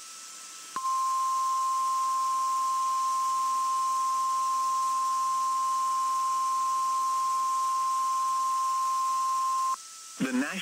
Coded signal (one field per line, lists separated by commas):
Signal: Emergency Alert System (SAME) tones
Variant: 1050 Hz attention tone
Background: speech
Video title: Glory of The Tests (EAS #10851-10890) 5/3/23